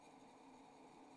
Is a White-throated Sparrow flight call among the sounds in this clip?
no